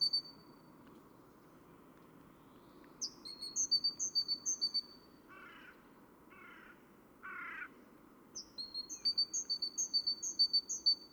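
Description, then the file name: Great tit calling in two bursts of rapid high paired notes, separated by three short harsh, buzzy bursts of lower sound. "Parus major"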